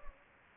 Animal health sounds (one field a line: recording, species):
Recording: mosquito wingbeat signal from an infrared sensor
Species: Anopheles gambiae